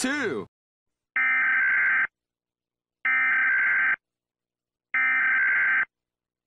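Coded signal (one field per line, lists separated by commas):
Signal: Emergency Alert System (SAME) tones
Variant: header bursts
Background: speech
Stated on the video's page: Fictional EAS scenario.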